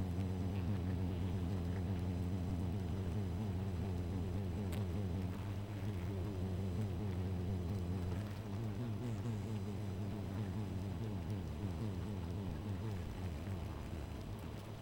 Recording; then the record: honeybee colony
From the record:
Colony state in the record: missing queen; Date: 14 July 2017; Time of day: 2:49